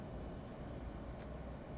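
An amphenol GPS cable connector has its broadest notch lined up with the GPS receiver port on the front of a satellite dish, but nothing has seated or clicked yet. Only a steady low background rumble is heard, with a brief faint hiss near 1.2 s and no distinct click.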